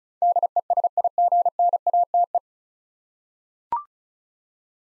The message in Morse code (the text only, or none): DESIGNATE